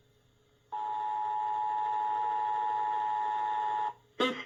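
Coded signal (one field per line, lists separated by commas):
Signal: Emergency Alert System (SAME) tones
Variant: 853 and 960 Hz attention tone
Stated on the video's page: Monthly radio EAS test received off FM and AM stations, heard on Sage, Sparc, ASI and C.Crane receivers.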